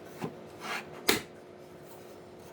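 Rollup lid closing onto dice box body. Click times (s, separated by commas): 1.1 s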